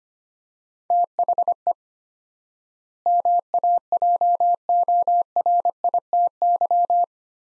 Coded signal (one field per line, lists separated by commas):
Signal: Morse code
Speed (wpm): 25 wpm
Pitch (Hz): 700 Hz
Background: none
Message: THE MAJORITY